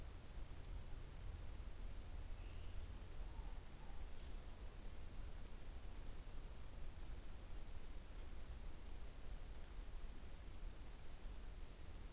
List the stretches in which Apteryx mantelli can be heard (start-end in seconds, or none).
none